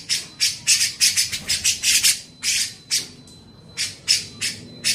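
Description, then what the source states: Grey-cheeked bulbul harsh calls: a run of rough, scratchy squawking notes, several per second, with a short pause midway before the notes resume, and a faint thin tone in the background. Masteran training audio for teaching songbirds.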